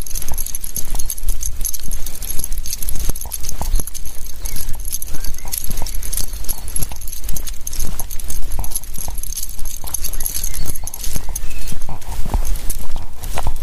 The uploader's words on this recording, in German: Abends mit dem Hund raus. Ein Spaziergang im Wald zum ersten Mal aufgenommen mit dem Shure MV88.